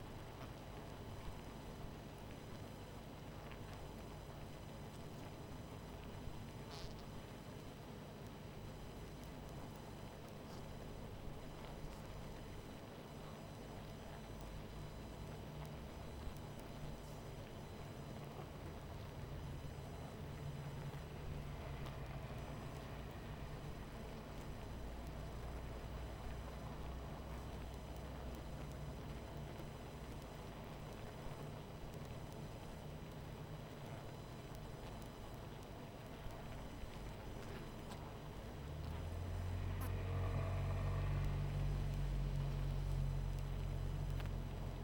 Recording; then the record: honeybee colony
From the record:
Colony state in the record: missing queen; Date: 14 July 2017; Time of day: 23:04